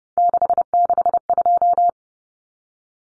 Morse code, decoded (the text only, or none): 662